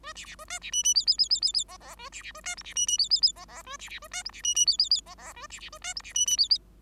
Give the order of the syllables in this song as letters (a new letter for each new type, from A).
A B B A C B D D E E E E E E F F A B B A C G B D D E E E F F A B B A C G B D D E E E F F A B B A C G B D D E E